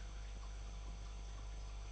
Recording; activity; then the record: daily activity, microphone in the room; make coffee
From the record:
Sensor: 5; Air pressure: 1002.1 hPa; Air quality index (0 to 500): 220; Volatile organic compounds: 26 ppm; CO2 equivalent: 2862 ppm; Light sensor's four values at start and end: 10/24/10/11 and 10/24/10/11